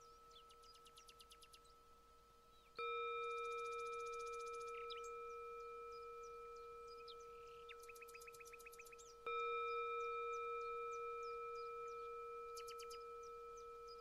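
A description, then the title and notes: A Tibetan singing bowl is struck twice, near three and nine seconds, each time ringing out in a steady, layered tone that fades slowly. Birds chirp and trill brightly throughout, with quick repeated calls between the strikes. Original Tibetan Singing Bowl. The transcendent tones of meditative bells and Tibetan singing bowls.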